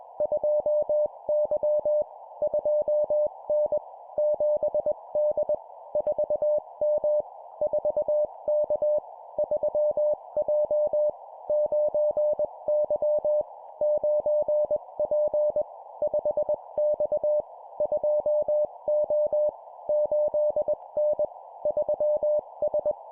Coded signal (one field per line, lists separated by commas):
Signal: Morse code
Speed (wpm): 21 wpm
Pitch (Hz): 600 Hz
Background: none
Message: 2Y 2N 7D 4M 4K 3J 9Y 9P 5X 2O 8N 3S